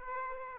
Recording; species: mosquito wingbeat signal from an infrared sensor; Aedes aegypti